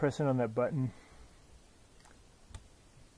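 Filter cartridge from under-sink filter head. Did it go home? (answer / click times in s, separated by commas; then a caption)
released / 2.6 s. Someone talks briefly, then presses the release button on an under-sink water filter head, and the old plastic filter cartridge, full of water, pops out. A faint tick comes at about 2.1 s, and a sharp release click at 2.5 s confirms the cartridge is released.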